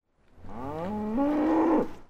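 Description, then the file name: Cow mooing: a single drawn-out moo lasting just under two seconds, rising in pitch. "vaca"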